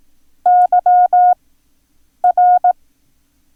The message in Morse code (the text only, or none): YR